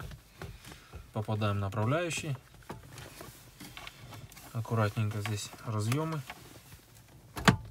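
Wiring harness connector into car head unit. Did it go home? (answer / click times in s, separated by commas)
yes / 7.5 s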